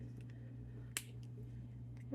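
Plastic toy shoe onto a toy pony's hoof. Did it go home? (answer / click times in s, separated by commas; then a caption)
yes / 1.0 s. A small plastic shoe from a set is fitted onto a toy pony's hoof and snaps on with one sharp click at 1.0 s, over a steady low hum and a few faint ticks. The shoe is seated on the hoof.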